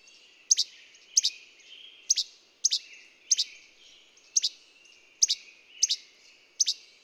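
Bird song: bright, high chirps dropping quickly in pitch, usually in pairs, repeated a little under a second apart, with faint warbled notes in between.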